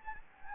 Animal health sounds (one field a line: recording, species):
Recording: mosquito wingbeat signal from an infrared sensor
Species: Anopheles gambiae